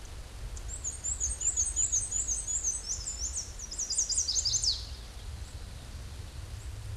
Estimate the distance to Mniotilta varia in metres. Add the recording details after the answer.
about 10 m. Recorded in a Pennsylvania forest on 18 May 2023 at 13:55. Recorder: AudioMoth, point grid1_9_low. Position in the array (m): 75 m, 103 m